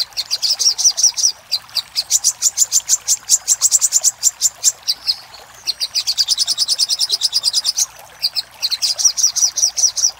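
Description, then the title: Little spiderhunter pouring out long rapid series of high, metallic chips with short gaps between bursts, almost unbroken over ten seconds. Master recording for training cage birds. "Masteran Burung Sogok Ontong Labaik"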